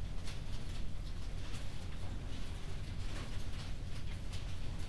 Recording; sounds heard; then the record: poultry house recording; no chicken sound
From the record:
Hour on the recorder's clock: 21